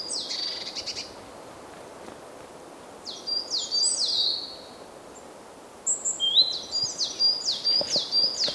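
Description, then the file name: Great tit calls: a soft faint series at first, then clearer runs of sharp, high, falling notes in quick succession against steady background noise. "Parus major"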